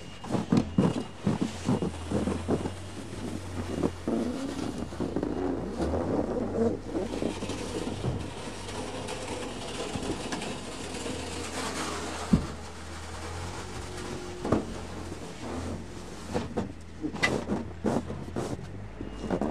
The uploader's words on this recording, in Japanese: 湯治場ラジオ 雪下ろしASMR。村井六助さんでの雪下ろしの音を配信します。会話はありません。